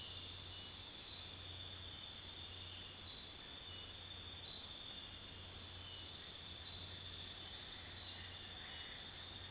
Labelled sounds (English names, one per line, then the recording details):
none
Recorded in dense forest near Puerto Asís, Putumayo, Colombia, on 9 March 2025 at 02:30
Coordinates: 0.503, -76.323
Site GP09